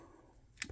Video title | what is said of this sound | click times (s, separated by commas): How to service a Zebco 606 Fishing Reel | together and it snaps in place just like that all right | 0.6 s